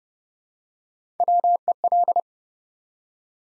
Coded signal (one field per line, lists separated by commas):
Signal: Morse code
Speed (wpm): 30 wpm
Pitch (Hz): 700 Hz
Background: none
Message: WEL